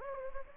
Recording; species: mosquito wingbeat signal from an infrared sensor; Anopheles gambiae